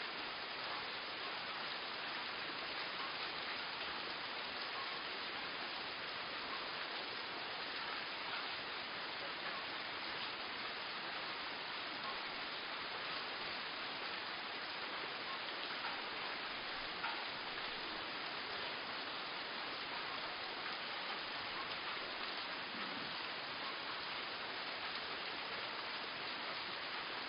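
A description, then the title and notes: Rain falls in a steady, dense hiss that holds at one level for the whole stretch, with no pauses or swells. The sound sits mostly in the mid and upper range with a dull top, and fine patter of drops on a surface runs throughout. Rain Sounds White Noise. Recorded in the Rain Forests of Costa Rica.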